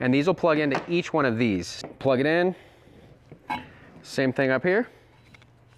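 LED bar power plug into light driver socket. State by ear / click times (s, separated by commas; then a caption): not seated / none. Someone talks while handling the second plastic power connector on an LED bar of a Timber Magnolia 4 grow light, pushing it toward its socket on the light driver. Only a few faint, short ticks are heard under the talking. Nothing has seated or clicked yet; the connector is not yet home.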